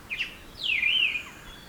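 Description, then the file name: Bird call: a short chirp, then a longer whistle that swoops down and wavers before fading. "birds singing in forest"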